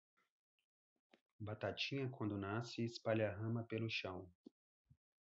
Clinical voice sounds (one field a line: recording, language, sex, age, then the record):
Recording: short text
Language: Brazilian Portuguese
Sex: male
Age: 40 to 49 years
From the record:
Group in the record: control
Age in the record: 46 years